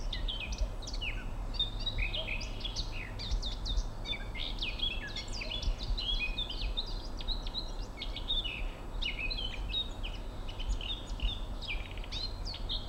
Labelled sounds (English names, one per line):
Eurasian Blackcap song